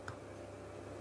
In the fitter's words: there's a nice little click as it goes in